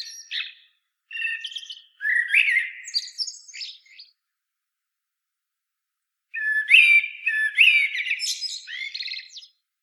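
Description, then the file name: Common blackbird song of jumbled whistles and scratchy high notes, a pause of about two seconds, then a louder warbling phrase with twittered end. "Turdus merula"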